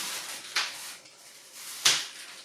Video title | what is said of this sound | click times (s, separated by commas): Szelekótya vlog 30 - Epilógus | Hmm, I've brought this knot a bit lower down, so let's see how it snaps into place now. | 1.9 s